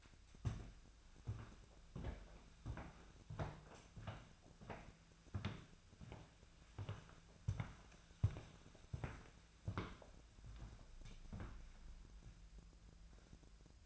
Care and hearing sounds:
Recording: daily activity, microphone in the room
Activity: walk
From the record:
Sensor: 2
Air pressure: 1008.1 hPa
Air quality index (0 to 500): 181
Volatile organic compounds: 10 ppm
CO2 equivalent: 2232 ppm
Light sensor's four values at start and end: 12/30/13/13 and 13/31/13/14

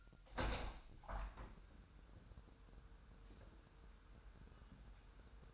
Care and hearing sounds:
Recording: daily activity, microphone in the room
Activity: open window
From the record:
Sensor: 2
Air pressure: 1000.0 hPa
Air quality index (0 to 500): 227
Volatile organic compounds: 58 ppm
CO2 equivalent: 3394 ppm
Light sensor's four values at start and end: 8/20/8/8 and 9/21/9/9

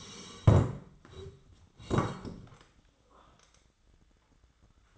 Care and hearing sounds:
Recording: daily activity, microphone in the room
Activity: sit down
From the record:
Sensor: 3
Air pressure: 1012.2 hPa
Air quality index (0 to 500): 178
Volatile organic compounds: 3 ppm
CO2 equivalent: 1366 ppm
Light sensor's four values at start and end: 88/188/94/104 and 65/158/72/80

